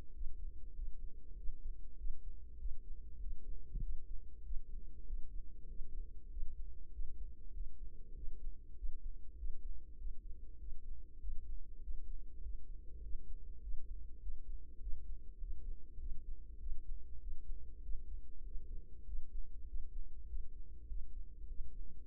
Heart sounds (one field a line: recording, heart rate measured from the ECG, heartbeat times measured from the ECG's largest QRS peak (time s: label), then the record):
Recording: heart sounds by microphone in the right ear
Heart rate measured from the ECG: 98 bpm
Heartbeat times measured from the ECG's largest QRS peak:
0.10 s: heartbeat
0.71 s: heartbeat
1.33 s: heartbeat
1.94 s: heartbeat
2.55 s: heartbeat
3.16 s: heartbeat
3.78 s: heartbeat
4.40 s: heartbeat
5.03 s: heartbeat
5.64 s: heartbeat
6.26 s: heartbeat
6.88 s: heartbeat
7.50 s: heartbeat
8.11 s: heartbeat
8.73 s: heartbeat
9.33 s: heartbeat
9.94 s: heartbeat
10.56 s: heartbeat
11.16 s: heartbeat
11.78 s: heartbeat
12.38 s: heartbeat
12.98 s: heartbeat
13.58 s: heartbeat
14.17 s: heartbeat
14.77 s: heartbeat
15.36 s: heartbeat
15.95 s: heartbeat
16.56 s: heartbeat
17.16 s: heartbeat
17.79 s: heartbeat
18.40 s: heartbeat
19.02 s: heartbeat
19.63 s: heartbeat
20.24 s: heartbeat
20.84 s: heartbeat
21.44 s: heartbeat
22.04 s: heartbeat
From the record:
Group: healthy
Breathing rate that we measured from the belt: 24 breaths a minute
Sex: female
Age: 32 years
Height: 172 cm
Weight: 71.7 kg